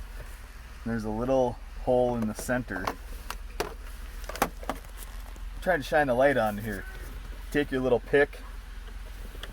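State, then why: Released. A small pick goes into the center hole of a plastic retainer clip in the dash above the instrument cluster of a 2000-2005 Pontiac Bonneville and is pushed up to release the clip holding the dash bezel. Someone talks over faint background hiss, with several sharp ticks in the middle. The clip clicks open at 9.4 s, and the bezel clip is released.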